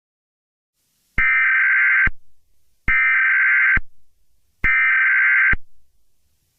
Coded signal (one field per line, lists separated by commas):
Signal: Emergency Alert System (SAME) tones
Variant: header bursts